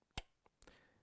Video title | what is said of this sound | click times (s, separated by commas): How to configure a Victron MultiPlus with VictronConnect using an MK3-USB adapter | can hear it as a nice positive click and it stays securely in place | 0.2 s